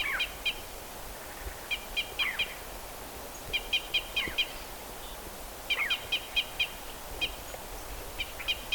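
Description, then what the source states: Red Crossbill calls: short, sharp chips given in quick clusters, the groups repeated every couple of seconds over steady background hiss. Type E call type.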